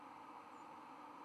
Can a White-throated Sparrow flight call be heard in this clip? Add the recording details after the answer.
no. Another species' flight call is heard. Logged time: 00:30 on 24 November 2014